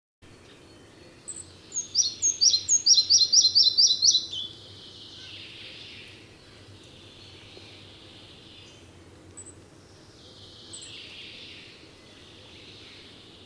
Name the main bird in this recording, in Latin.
Ficedula parva